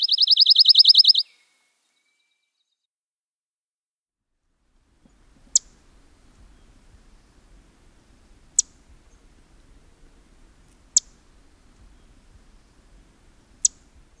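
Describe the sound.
Pine warbler giving a brief rapid trill at the start, followed by quiet background hiss and sharp clicks every few seconds.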